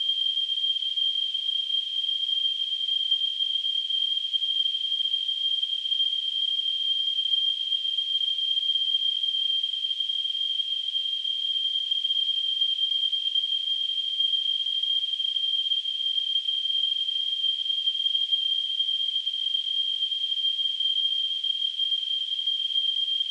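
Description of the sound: A steady, unbroken high-pitched whistle near 3 kHz sits within a soft hiss and holds the same pitch and loudness for about 23 seconds. It is a simulated tinnitus sound, imitating the constant ringing a person with tinnitus hears.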